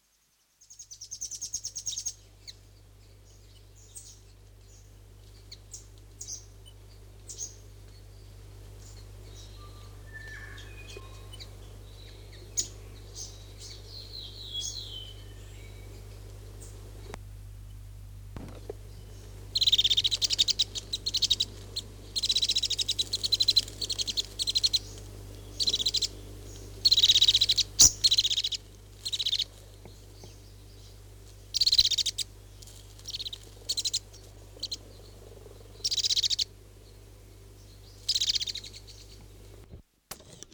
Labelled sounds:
Whitehead (Mohoua albicilla)
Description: Whitehead/pōpokotea flock
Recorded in New Zealand

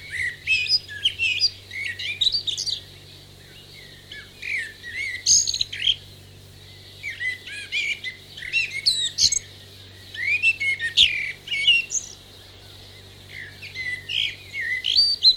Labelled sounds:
Common Blackbird (Turdus merula)
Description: Dawn chorus with blackbirds in the foreground
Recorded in New Zealand

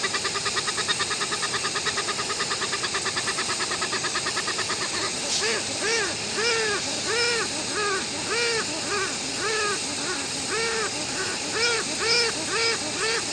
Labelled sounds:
Westland Petrel (Procellaria westlandica)
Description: Westland petrel/tāiko song
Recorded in New Zealand

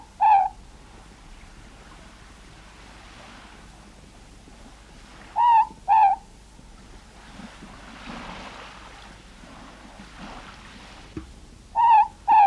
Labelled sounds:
Morepork (Ninox novaeseelandiae)
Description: Morepork/ruru song
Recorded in New Zealand

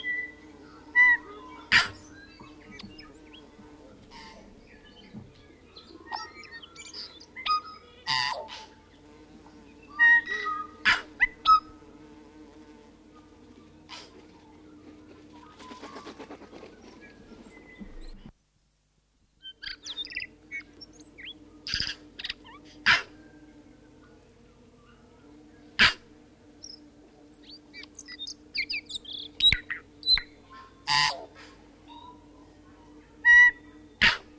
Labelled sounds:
Tūī (Prosthemadera novaeseelandiae)
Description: Tūī communication calls
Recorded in New Zealand

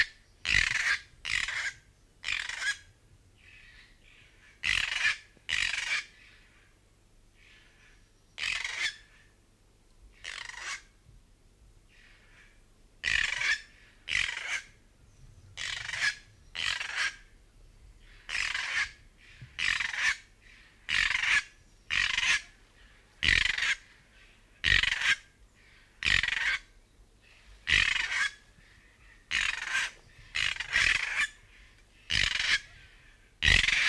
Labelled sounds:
Kākā (Nestor meridionalis)
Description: Kākā: North Island kākā song
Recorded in New Zealand

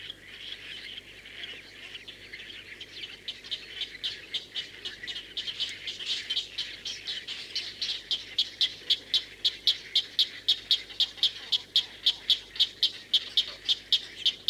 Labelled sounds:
Great Egret (Ardea alba)
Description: White heron/kōtuku song
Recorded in New Zealand

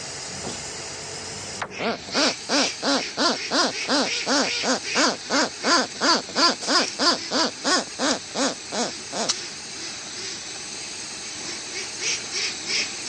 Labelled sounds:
Westland Petrel (Procellaria westlandica)
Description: Westland petrel/tāiko song
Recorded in New Zealand

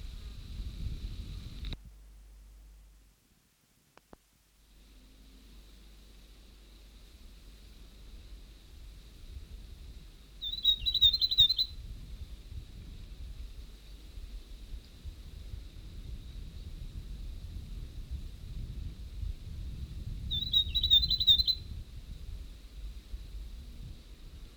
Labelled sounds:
Tomtit (Petroica macrocephala)
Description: North Island tomtit song
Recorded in New Zealand

